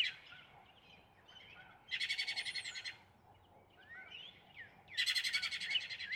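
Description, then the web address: Northern cardinal song: two loud bursts of rapid, buzzy repeated notes about three seconds apart, with fainter slurred rising whistles between them. "birdsongforthecurious Northern Cardinal"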